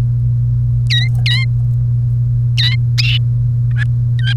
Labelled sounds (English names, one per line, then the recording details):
Domestic Canary song
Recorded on 1 May 2018 at 11:46
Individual llb3